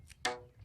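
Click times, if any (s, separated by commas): 0.2 s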